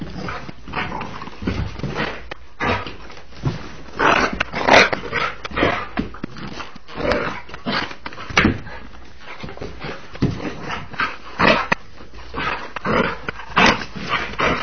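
Dog giving continuous choppy growls and snarls, broken by many sharp snapping or clicking noises throughout.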